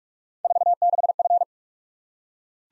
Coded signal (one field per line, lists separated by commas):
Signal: Morse code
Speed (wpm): 44 wpm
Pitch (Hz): 700 Hz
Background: none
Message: 46F